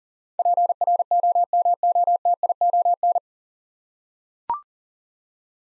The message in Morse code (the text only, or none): PROMOTION